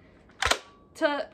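A plastic cover or blade piece on the body of a Nerf TriceraBlast foam-dart toy blaster is clicked open and pops back into place, because it does not lock. Two quick plastic clicks are heard at about 0.5 s and 0.5 s, and then someone talks briefly.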